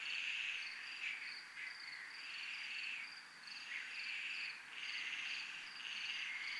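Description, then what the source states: Cricket chorus with a constant high pulsed trill and overlapping buzzy insect phrases that swell and fade in waves. Crickets recorded in a military zone.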